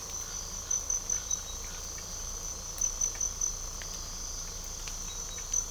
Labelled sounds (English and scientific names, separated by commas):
none